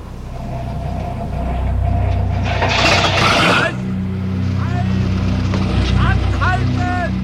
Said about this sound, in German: Den Motor abgewürgt